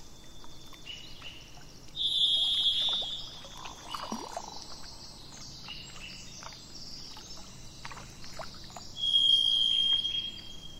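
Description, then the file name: Thrush singing two long, even whistled tones roughly seven seconds apart, with continuous hissing background noise and a low rumble throughout. 27 April 2004, with truck noise in the background. "040427-thrushandtrucks"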